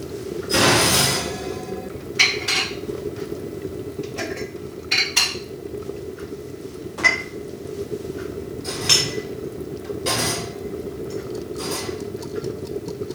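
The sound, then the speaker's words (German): Glass jars clink and knock as they are set into an oven to be sterilized for 10 minutes: a scattering of sharp, bright clatters at irregular intervals over a steady low hum, with no talking. “Genau, also jetzt haben wir die Gläser im Ofen.”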